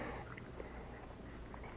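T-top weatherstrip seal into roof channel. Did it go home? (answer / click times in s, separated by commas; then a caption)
no / none. A new rubber T-top weatherstrip seal is test-fitted into its roof channel on the body of an 1982–1992 third-generation Firebird before gluing, only to check where it goes. Quiet rubbing and handling noise is heard, with a few faint soft ticks around 0.3, 0.4 and 1.6 seconds. The seal is not pressed home, and nothing has seated or clicked yet.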